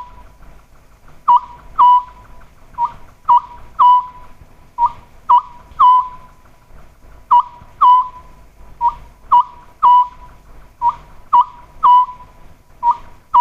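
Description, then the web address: Oriental scops owl calling continuously, short whistled phrases of a few hoots following one another at a regular two-second rhythm. "sikioto. konohazuku"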